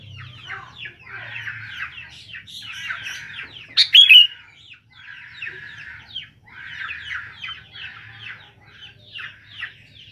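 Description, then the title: Sooty-headed bulbul song, a steady stream of quick chattering notes broken once by a short, louder, sharp phrase. "Kutilang"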